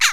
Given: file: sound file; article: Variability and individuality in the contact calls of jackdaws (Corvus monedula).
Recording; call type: jackdaw call; harmonic